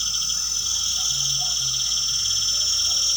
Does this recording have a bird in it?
no